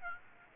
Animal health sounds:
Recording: mosquito wingbeat signal from an infrared sensor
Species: Aedes aegypti

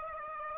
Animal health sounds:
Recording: mosquito wingbeat signal from an infrared sensor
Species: Aedes aegypti

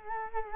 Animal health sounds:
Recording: mosquito wingbeat signal from an infrared sensor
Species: Culex quinquefasciatus

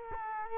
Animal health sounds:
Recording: mosquito wingbeat signal from an infrared sensor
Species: Culex quinquefasciatus

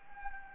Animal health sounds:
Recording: mosquito wingbeat signal from an infrared sensor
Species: Anopheles gambiae

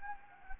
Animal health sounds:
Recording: mosquito wingbeat signal from an infrared sensor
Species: Anopheles gambiae

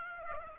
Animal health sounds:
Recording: mosquito wingbeat signal from an infrared sensor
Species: Aedes aegypti

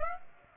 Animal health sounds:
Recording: mosquito wingbeat signal from an infrared sensor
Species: Aedes aegypti

